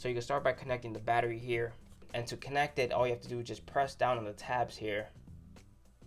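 Someone talks while handling the battery flex connector of a water-damaged Nintendo Switch (V1 & 2), getting ready to press its tabs down into the socket on the console's mainboard as the console is reassembled after drying. The talking runs until about 5.2 s, followed by near-quiet. Nothing has seated or clicked yet.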